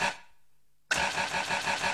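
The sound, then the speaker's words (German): A black car's V6 engine cranks and catches after a short silence, bursting into a loud, steady idle with a throbbing low rumble and bright mechanical noise. “V6, voll schwarz, voll breiter Teil, geht ab wie Sau, immer!”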